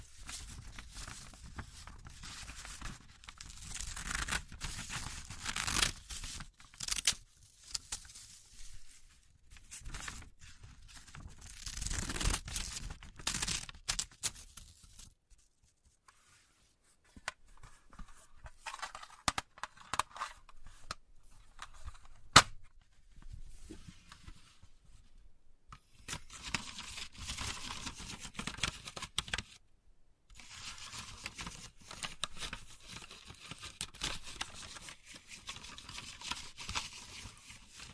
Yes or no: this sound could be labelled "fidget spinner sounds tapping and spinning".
no